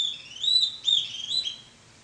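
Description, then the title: Bird song: a brief run of high, slurred whistles, fading out toward the end. "LuckyPassaro Completos2Sama"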